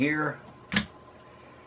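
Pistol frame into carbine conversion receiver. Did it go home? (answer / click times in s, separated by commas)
yes / 0.7 s, 0.8 s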